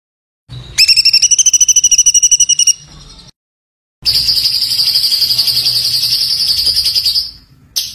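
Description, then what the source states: White-eye song: a two-second string of sharp pulsed notes, then after a pause a long, smoother, sustained high trill lasting over three seconds. Masteran recording of a white-eye singing gacor (continuous singing), full of tembakan bursts.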